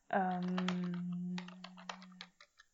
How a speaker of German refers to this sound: Deswegen klappert es hier gerade kurz an der Tastatur.